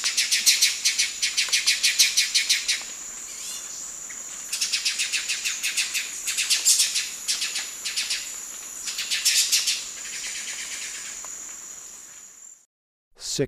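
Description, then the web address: Ochre-breasted tanager chattering in rapid bursts of harsh pulsed notes, each burst lasting a couple of seconds. A steady high whine runs underneath, and a brief noise comes at the end. Ecuador. "Natures Songs S America Birds of Ecuador Ochre-breasted Tanager"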